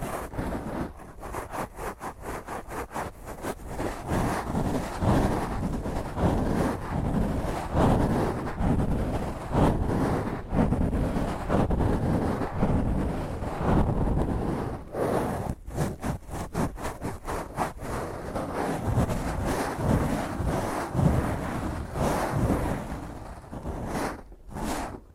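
Fingernails scratch roughly over a microphone in dense, rapid strokes, a harsh low rumbling scrape continuing throughout with brief gaps near fifteen and twenty-four seconds.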